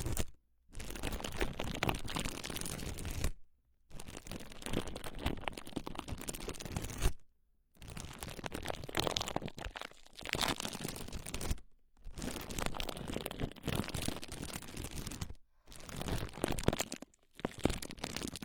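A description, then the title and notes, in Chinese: Foam wrap is crumpled and rubbed in dense, crackly bursts lasting a few seconds each, separated by brief silent gaps. 泡沫保鲜膜揉耳。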